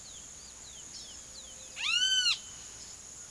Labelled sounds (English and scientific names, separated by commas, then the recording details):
Chestnut-bellied Seed Finch (Sporophila angolensis), Great Kiskadee (Pitangus sulphuratus)
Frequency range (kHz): Chestnut-bellied Seed Finch (Sporophila angolensis) 2.4-5.8 kHz
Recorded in pastures near Puerto Asís, Putumayo, Colombia, on 18 February 2024 at 13:00
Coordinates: 0.466, -76.323
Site G6384